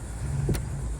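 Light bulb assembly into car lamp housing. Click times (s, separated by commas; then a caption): 0.5 s. A car light bulb assembly is pushed back into its lamp housing and seats with a faint, short click at 0.6 s, heard over a steady low hum. The click is hard to hear, but the assembly is confirmed seated.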